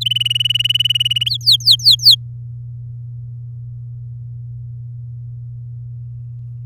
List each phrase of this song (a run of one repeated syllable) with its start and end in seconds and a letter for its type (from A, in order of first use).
0.01-1.29 A, 1.30-2.15 B